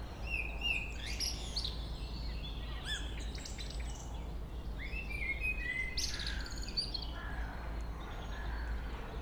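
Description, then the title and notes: Common blackbird song: soft mellow warbles broken by high scratchy twitters, fairly quiet above a strong low rumble. Local blackbird singing along Chemin des cris, Chindrieux, France. "Chemin des cris, 73310 Chindrieux, France - Merle. Un beau chant de merle local"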